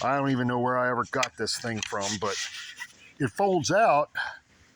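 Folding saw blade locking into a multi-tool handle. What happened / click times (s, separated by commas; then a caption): Handled, not yet home: folding saw blade locks open / none. Someone talks while unfolding the saw blade of a JobSmart pocket multi-tool, with brief rubbing and handling noises between the words. The blade is being folded out toward its locked position in the handle, but nothing has seated or clicked yet.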